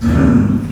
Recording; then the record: squeal of a Yucatan mini pig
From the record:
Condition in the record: after surgery on the right vocal fold (resection and tissue-engineered implant); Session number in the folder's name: 11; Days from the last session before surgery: 98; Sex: female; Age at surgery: 19 weeks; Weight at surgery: 25 kg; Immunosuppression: prednisolone